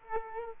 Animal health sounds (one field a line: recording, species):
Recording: mosquito wingbeat signal from an infrared sensor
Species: Aedes aegypti